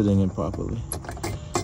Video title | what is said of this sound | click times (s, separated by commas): Honda Headlight Buld Fail and Replacement | clipe não vai entrar, então vamos | none